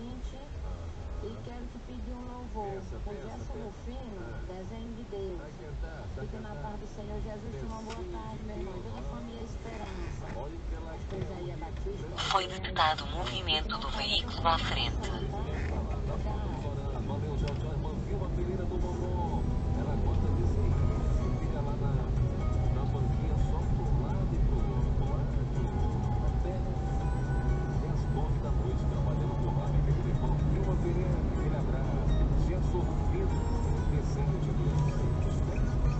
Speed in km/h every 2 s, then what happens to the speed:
0, 0, 0, 0, 0, 2, 9, 15, 24, 29, 29, 31, 30, 33, 37, 39, 36, 36.
0-10 standing. 10-18 pulls away to 29. 18-24 steady at about 29. 24-29 speeds up to 39. 29-36 steady at about 36.